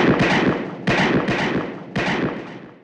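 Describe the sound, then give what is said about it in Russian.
Loud, rapid Winchester rifle gunfire in battle: sharp cracks come in quick overlapping bursts, with three heavier blasts rising above a constant crackle of shots. There are no voices. “Ржание обезумевших лошадей, беспорядочная стрельба, панические вопли и над всем этим частый треск винчестеров.”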